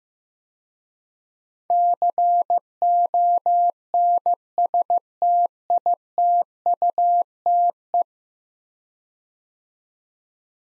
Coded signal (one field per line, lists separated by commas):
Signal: Morse code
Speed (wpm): 15 wpm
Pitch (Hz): 700 Hz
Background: none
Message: CONSTITUTE